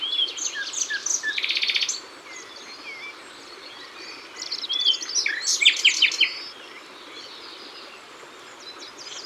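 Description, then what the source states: Common nightingale song: varied whistles and a dense buzzy burst, then a loud phrase of short repeated notes. Ardèche.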